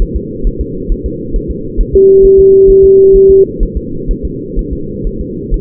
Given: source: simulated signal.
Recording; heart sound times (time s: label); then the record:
fetal heart sounds
0.02 s: S1
0.16 s: S2
0.47 s: S1
0.61 s: S2
0.92 s: S1
1.06 s: S2
1.36 s: S1
1.51 s: S2
1.81 s: S1
1.95 s: S2
2.25 s: S1
2.39 s: S2
2.70 s: S1
2.84 s: S2
3.16 s: S1
3.30 s: S2
3.63 s: S1
3.77 s: S2
4.11 s: S1
4.25 s: S2
4.59 s: S1
4.73 s: S2
5.07 s: S1
5.21 s: S2
5.54 s: S1
From the record:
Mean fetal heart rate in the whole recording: 130 bpm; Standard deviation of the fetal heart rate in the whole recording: 4 bpm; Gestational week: 38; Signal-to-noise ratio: -6.6 dB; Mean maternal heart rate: 72 bpm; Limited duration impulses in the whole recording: present